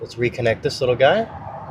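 On a 2012 Jeep Patriot, the fuel line quick connector, fitted with a recycled blue plastic retainer taken from the old fuel pump, is being handled to reconnect it onto the fuel pump module outlet while a man talks. Nothing has seated or clicked yet in this clip.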